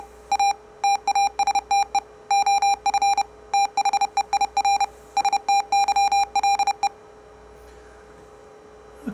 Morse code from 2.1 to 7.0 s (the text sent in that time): OF THEIR STYLE